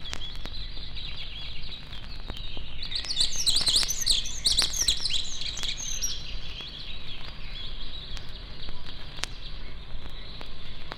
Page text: Лесные певчие птицы - Nature, близко трасса